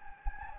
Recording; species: mosquito wingbeat signal from an infrared sensor; Anopheles gambiae